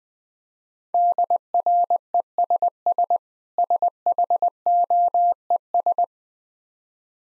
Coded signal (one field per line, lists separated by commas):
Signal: Morse code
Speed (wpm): 20 wpm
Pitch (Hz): 700 Hz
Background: none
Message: DRESS SHOES